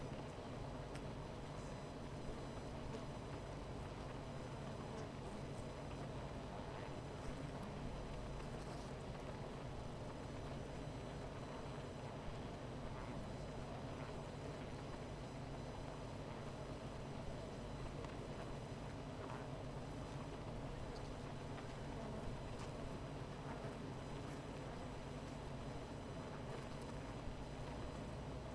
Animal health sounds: honeybee colony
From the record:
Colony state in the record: missing queen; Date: 14 July 2017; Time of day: 17:00

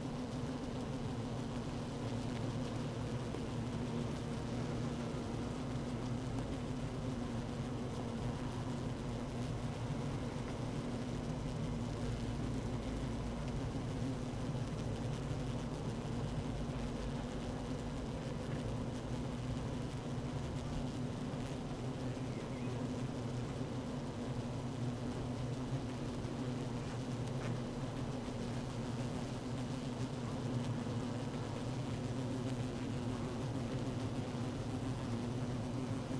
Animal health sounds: honeybee colony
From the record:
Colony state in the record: active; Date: 12 June 2018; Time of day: 15:57

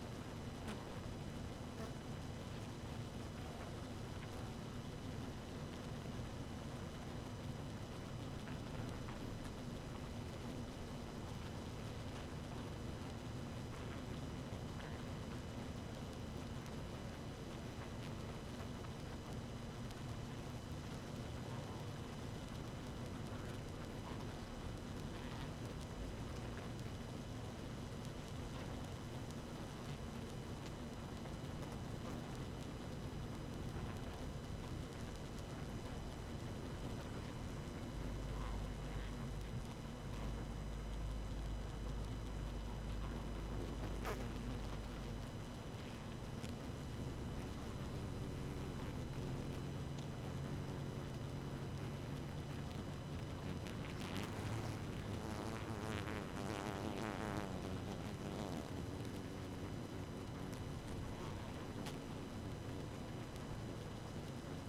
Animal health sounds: honeybee colony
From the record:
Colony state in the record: active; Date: 12 June 2018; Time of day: 2:33

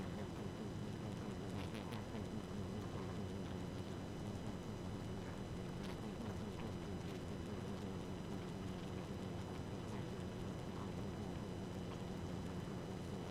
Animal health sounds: honeybee colony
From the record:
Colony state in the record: active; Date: 12 June 2018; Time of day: 1:01

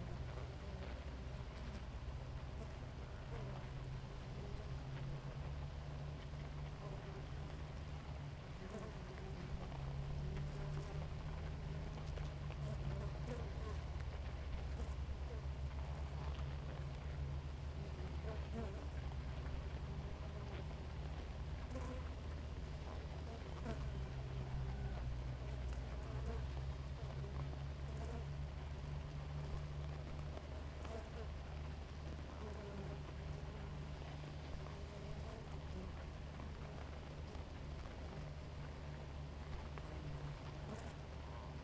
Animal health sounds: honeybee colony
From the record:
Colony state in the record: active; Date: 28 July 2017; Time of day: 4:33

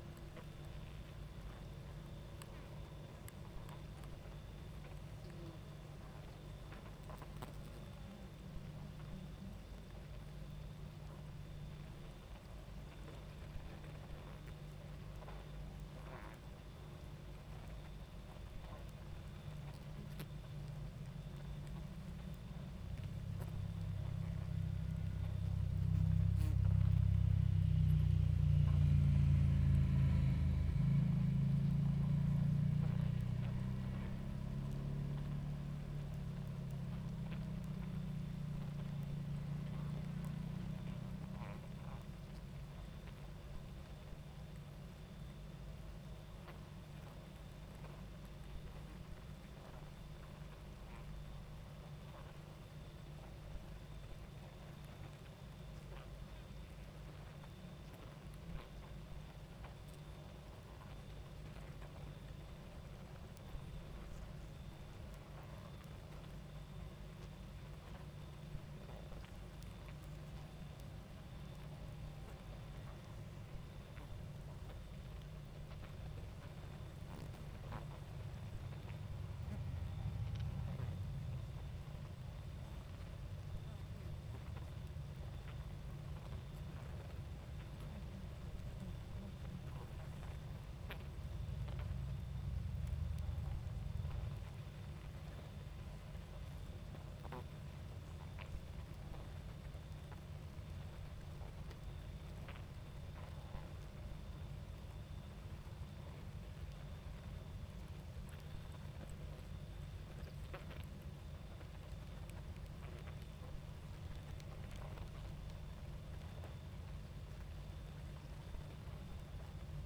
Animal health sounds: honeybee colony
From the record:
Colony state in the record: active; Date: 28 July 2017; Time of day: 22:20

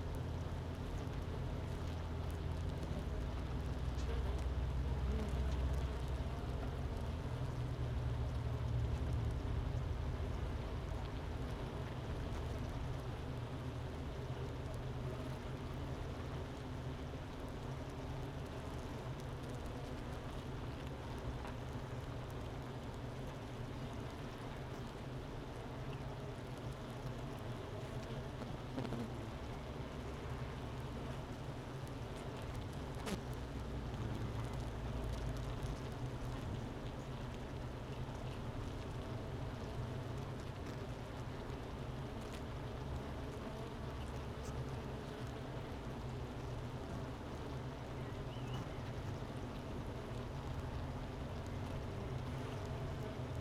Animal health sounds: honeybee colony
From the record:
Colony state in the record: missing queen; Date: 31 May 2018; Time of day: 10:58

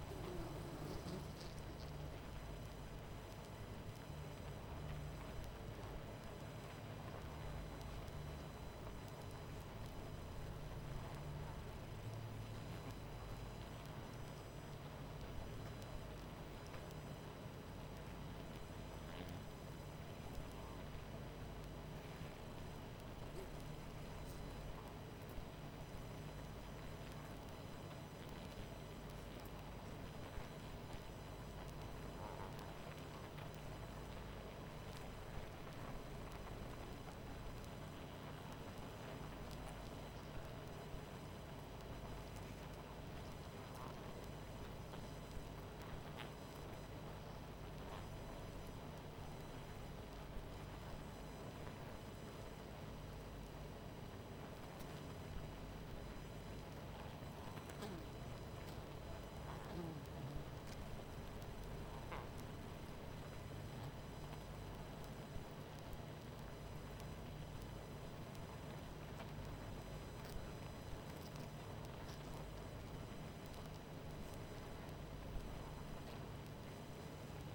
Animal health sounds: honeybee colony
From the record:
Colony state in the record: missing queen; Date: 14 July 2017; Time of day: 22:44

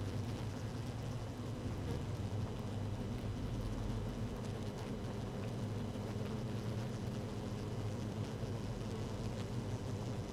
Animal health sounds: honeybee colony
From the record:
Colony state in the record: active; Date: 12 June 2018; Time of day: 13:58

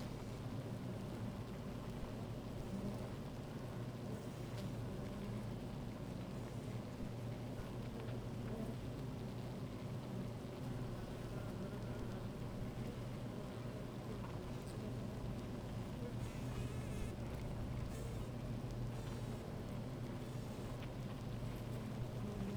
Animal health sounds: honeybee colony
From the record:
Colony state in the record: active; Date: 28 July 2017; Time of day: 16:18

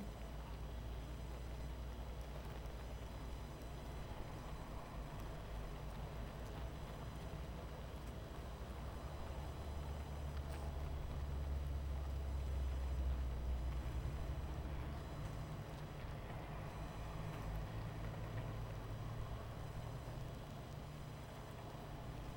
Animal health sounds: honeybee colony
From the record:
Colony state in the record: missing queen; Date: 14 July 2017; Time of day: 20:33

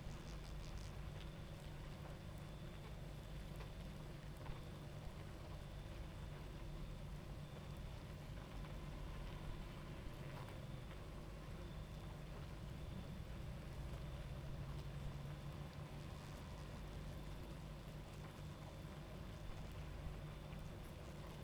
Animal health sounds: honeybee colony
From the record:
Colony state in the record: active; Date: 28 July 2017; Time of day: 23:15

